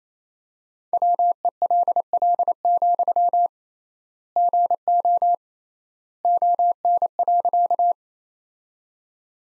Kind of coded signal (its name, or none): Morse code